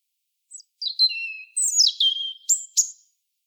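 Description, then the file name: European robin song phrase: a thin high note, a falling liquid whistle, then tumbling twitters ending in two sharp, ticking notes. "Erithacus rubecula"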